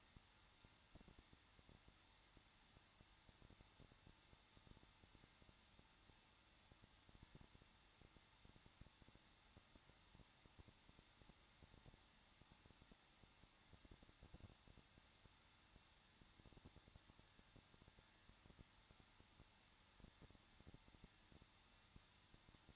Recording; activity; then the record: daily activity, microphone in the room; no activity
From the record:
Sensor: 3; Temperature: 21.2 degrees Celsius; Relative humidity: 36.4%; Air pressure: 1006.3 hPa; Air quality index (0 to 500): 224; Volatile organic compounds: 44 ppm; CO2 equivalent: 3205 ppm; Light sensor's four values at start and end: 2/3/2/2 and 2/3/2/2